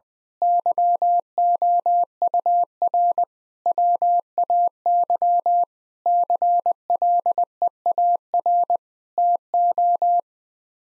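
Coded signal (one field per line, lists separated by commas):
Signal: Morse code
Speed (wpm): 20 wpm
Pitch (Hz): 700 Hz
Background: none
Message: YOUR WAY CLEAR TO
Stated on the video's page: Morse practice at 20 wpm: sets of nine common words for head-copy, each sent twice.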